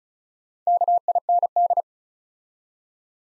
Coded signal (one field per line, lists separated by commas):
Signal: Morse code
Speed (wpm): 36 wpm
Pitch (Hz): 700 Hz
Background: none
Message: KIND